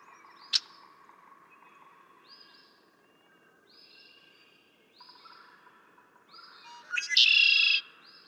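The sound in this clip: Red-winged Blackbird song comes near the end as a stuttered buzzy trill, after a click and several soft rising whistles.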